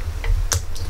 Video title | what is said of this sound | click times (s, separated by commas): Prise RJ45 | l'a entendu il est clipsé et | 0.5 s